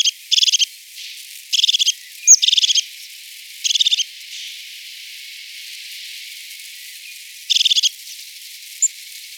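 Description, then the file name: Crested tit song: short purring bursts of rapid high notes, repeated at irregular intervals with a long pause near the middle, and a couple of thin single high notes. "Gesang der Haubenmeise"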